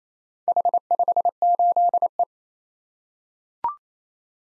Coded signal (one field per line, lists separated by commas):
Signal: Morse code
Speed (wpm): 29 wpm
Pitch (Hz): 700 Hz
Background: none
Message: H58E